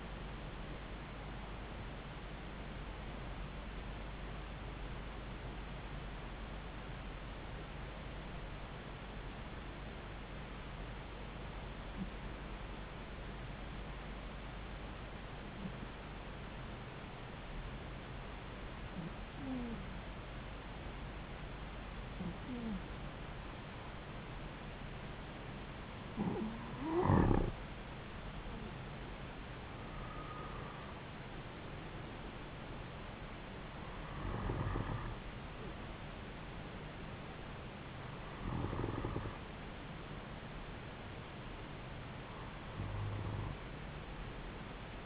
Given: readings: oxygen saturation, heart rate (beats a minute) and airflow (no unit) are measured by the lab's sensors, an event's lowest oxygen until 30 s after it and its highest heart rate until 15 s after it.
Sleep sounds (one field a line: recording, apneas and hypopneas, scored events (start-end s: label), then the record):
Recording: breathing in sleep by a voice recorder at the bedside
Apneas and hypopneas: 1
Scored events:
7.00-27.70 s: hypopnea (N2, oxygen 96% highest, then 91% lowest)
16.00-45.06 s: new sleep stage, N1 (lightest sleep)
From the record:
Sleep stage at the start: N2 (light sleep)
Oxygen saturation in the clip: 91 to 96%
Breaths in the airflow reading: 11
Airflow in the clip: -4.0 to 3.4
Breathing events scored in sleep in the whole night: 270 in 6.1 hours asleep